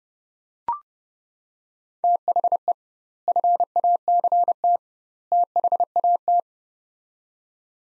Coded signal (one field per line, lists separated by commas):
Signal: Morse code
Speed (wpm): 32 wpm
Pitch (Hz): 700 Hz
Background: none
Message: THE FACT THAT